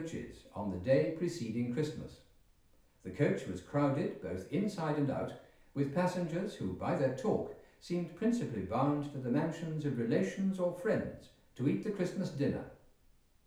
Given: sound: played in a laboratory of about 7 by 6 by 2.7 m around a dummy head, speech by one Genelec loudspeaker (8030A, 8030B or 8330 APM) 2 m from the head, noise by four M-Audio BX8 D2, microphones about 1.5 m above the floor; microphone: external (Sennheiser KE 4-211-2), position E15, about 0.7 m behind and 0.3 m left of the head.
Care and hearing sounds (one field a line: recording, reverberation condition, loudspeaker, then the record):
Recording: male speech in English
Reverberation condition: medium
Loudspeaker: in front (0 degrees)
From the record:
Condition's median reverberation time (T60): about 510 ms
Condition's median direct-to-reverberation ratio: about -0.5 dB